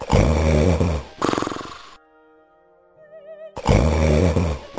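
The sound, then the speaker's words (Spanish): Two loud, rough bouts of exaggerated snoring with a deep rattling rumble, separated by a short quiet stretch of soft, wavering musical tones. “Cuando terminó el banquete, volvió a su habitación y enseguida se oyeron unos ronquidos que temblaba toda la casa.”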